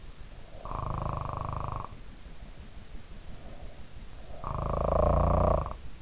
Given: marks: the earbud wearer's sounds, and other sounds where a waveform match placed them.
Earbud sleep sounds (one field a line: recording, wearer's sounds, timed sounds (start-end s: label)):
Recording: sounds in sleep by an in-ear microphone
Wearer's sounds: snoring breath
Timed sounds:
0.56-1.99 s: snoring breath
4.28-5.79 s: snoring breath